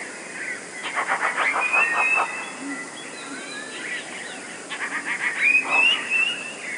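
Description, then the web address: Eurasian blue tit song: two bursts of rapid, evenly repeated high notes, each running into a thin whistled trill. "wroblowe teka 2 spiew. modraszkoteka"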